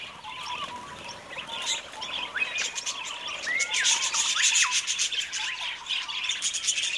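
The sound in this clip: Budgerigars chattering as a flock, dense overlapping chirps, squawks and clicking warbles, with a few short whistled notes through the busy mix.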